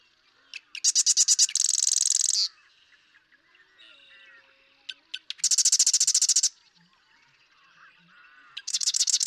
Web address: birdsongforthecurious songs Marsh Wren